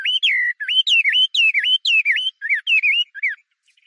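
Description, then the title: Chinese hwamei song: a run of loud, rich whistled phrases, each swooping up and down, repeated quickly for over three seconds, then silence. "画眉鸟的叫声"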